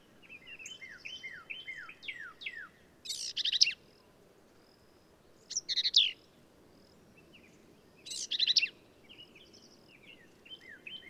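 Black-capped vireo song: loud harsh, buzzy bursts every two to three seconds, alternating with runs of short, high, downslurred whistled notes.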